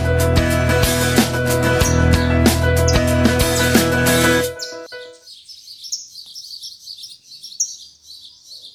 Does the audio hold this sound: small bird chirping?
yes